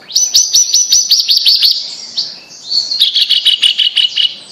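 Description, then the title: Bird song of rapid high chirps and downward-sweeping notes in quick series, a short pause, then another fast run of bright repeated notes. "Kicau Burung Yoi"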